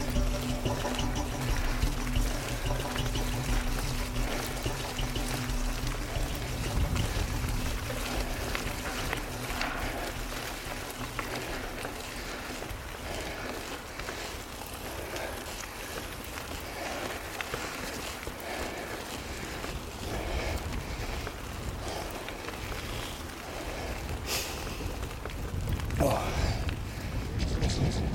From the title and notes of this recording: This episode is a slightly augmented version of a squelchy hill climb which i captured while out on the trails in a muddy January earlier this year.